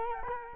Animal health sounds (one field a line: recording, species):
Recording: mosquito wingbeat signal from an infrared sensor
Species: Culex quinquefasciatus